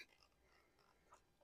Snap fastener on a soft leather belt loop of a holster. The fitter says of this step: then it snaps in place easily so again start the bottom bring it up